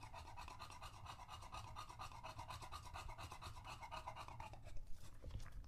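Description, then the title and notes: English Bulldog: dog panting in a fast, even rhythm, several rasping breaths each second, with a louder snort-like breath near the end. Male English Bulldog breathing heavily between drinks from a water bowl after a long walk, out of breath from the walk and the long drinking. "Lucho the English Bulldog"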